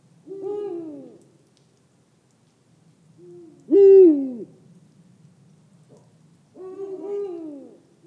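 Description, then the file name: Eurasian eagle-owl hooting: three low, slightly falling hoots about three seconds apart, the middle one louder and rougher with a strained edge. Recorded close up. "Digiffects Sound Effects Library - Close Eagle Owl"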